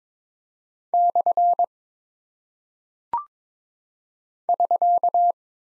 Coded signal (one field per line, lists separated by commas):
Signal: Morse code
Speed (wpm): 22 wpm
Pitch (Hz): 700 Hz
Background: none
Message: / <SK>